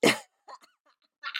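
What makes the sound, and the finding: Adult woman. Smoker's cough.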